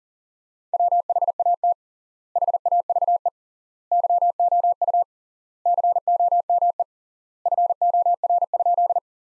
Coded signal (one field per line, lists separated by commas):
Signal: Morse code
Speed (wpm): 40 wpm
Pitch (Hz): 700 Hz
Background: none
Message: WHAT HAVE YOU COME FOR?